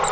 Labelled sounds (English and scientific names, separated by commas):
Grace's Warbler (Setophaga graciae) flight call